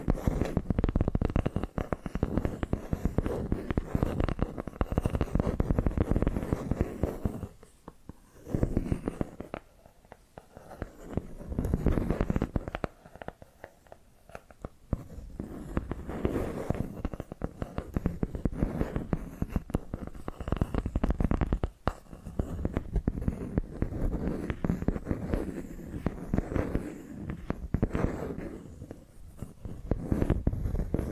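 Rapid tapping and scratching run almost continuously, dense and busy, with sharp clicks crowding together over a low, rumbling body. The activity eases into brief quieter gaps around eight, ten to eleven, and fourteen seconds, then resumes at full density.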